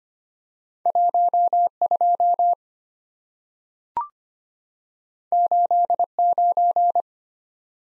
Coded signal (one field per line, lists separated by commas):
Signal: Morse code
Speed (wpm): 25 wpm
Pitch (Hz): 700 Hz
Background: none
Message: 1 2 8 9